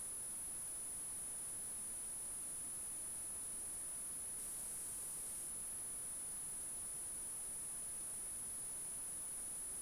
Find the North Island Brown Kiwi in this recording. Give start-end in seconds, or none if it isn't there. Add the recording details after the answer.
none. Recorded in New Zealand on 14 February 2012. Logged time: 02:13. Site DH65